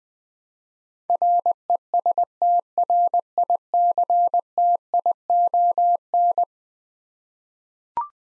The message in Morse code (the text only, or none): RESTRICTION